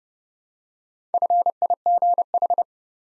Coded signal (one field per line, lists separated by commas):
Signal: Morse code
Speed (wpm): 30 wpm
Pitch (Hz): 700 Hz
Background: none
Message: FIGH